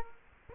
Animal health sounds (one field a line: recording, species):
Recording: mosquito wingbeat signal from an infrared sensor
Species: Culex quinquefasciatus